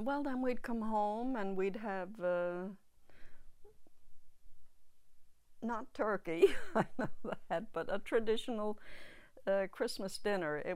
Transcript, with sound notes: Well, then we'd come home and we'd have, not turkey, I know that, (she laughs) but a traditional Christmas dinner.